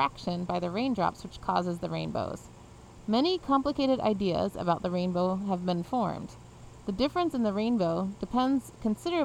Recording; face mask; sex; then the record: reading aloud; surgical mask; female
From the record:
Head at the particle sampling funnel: facing it